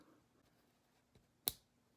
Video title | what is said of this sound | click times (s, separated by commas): RC-Air.com Tutorials- How To's and Tips and Tricks: Building RC Airplane Servo Extensions | there's only one way that's right so if I slide it down and it locks I slide | 1.5 s